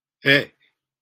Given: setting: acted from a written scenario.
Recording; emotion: vocal sound without words; negative surprise